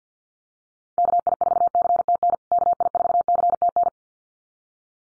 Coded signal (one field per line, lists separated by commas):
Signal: Morse code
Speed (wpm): 50 wpm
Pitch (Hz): 700 Hz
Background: none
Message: KI4CTN KI4CTN